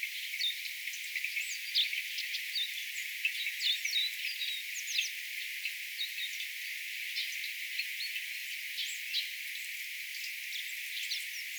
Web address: paivat 26 12 2024 tuollaisia erikoisia korkeita ilm pikkuvarpusen aania